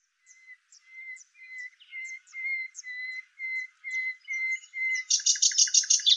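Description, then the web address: Bird song, a steady series of clear piping whistles, ending in a harsh buzzy chatter. "Deverinetal 2025"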